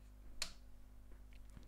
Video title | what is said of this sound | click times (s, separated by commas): How I Built My First PC - Full Build Guide | okay there's the click | 0.4 s